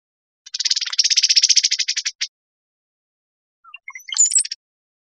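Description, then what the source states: Brown-headed cowbird chatter: a rapid, dry rattle of harsh notes for nearly two seconds, then after a pause a few scattered chips and a brief high, squeaky burst. Recorded on 5 May 2002.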